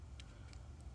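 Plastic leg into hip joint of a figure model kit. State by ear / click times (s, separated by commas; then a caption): not seated / none. Plastic legs of a small Transformers Yolopark AMK Mini Series model kit figure are handled and pushed toward its hip joints, with faint, brief plastic ticks around 0.2, 0.5 and 0.8 seconds over a steady low rumble. Nothing has seated or clicked into place yet.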